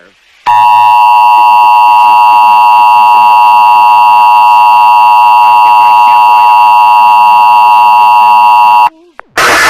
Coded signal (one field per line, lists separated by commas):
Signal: Emergency Alert System (SAME) tones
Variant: 853 and 960 Hz attention tone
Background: speech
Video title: EAS Mock - Tornado Watch, Half weird, half normal